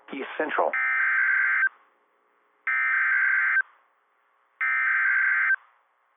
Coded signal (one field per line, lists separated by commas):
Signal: Emergency Alert System (SAME) tones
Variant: header bursts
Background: speech